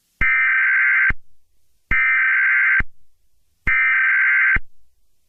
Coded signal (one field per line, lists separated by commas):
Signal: Emergency Alert System (SAME) tones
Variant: header bursts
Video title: EAS scenario: The Devil’s Bleeding Wrath (Clean?)